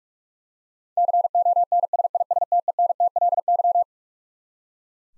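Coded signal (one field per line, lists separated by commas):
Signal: Morse code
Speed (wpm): 45 wpm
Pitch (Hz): 700 Hz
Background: none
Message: CONSISTENTLY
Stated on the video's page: Computer-generated 45 wpm Morse head-copy practice of twelve-letter words, each sent, spoken, then sent again.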